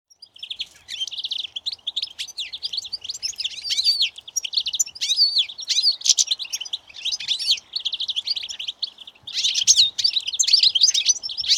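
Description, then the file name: European goldfinch twittering calls, a busy stream of high, tinkling chirps and buzzy notes with short pauses, lively and continuous throughout. "Carduelis carduelis"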